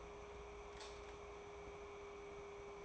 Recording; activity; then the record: daily activity, microphone in the room; light on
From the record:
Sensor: 1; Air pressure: 1010.2 hPa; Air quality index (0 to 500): 170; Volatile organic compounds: 12 ppm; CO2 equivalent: 2345 ppm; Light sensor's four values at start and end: 54/139/57/72 and 57/151/62/77